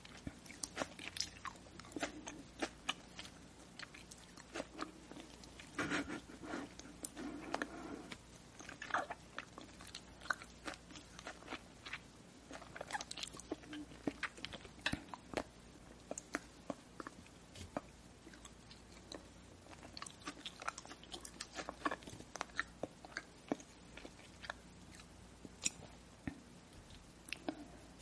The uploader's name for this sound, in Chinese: 吃嚼咽东西的音声